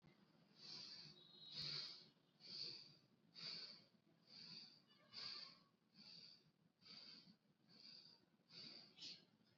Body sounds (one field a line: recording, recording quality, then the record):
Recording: deep breathing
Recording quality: moderate, slight background noise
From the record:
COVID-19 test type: RT-PCR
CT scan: not taken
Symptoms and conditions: none ticked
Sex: male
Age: 18 years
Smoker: no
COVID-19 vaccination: both doses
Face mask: worn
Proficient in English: yes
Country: India